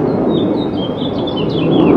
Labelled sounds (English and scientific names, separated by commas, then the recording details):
House Finch (Haemorhous mexicanus) song
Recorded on Long Island, New York, on 18 June 2012
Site BA
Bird C